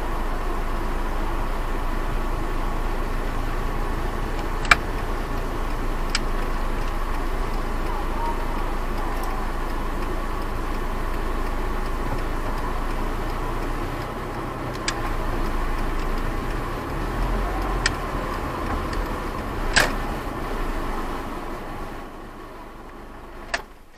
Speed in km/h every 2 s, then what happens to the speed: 0, 8, 7, 7, 4, 2, 2, 4, 7, 8, 5, 3.
2-10 slows to 2. 10-12 standing. 12-17 pulls away to 8.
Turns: none.